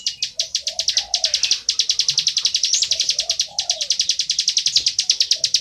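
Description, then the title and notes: Bar-winged prinia giving a rapid stream of sharp high chips with brief breaks, with a soft low cooing phrase repeating underneath. Continuous calling in the style called ngebren, used as tutor audio (masteran) for training oriental magpie-robins. "Ciblek Ngebren Untuk Masteran Murai Batu. Suara burung ciblek - Suara Nada"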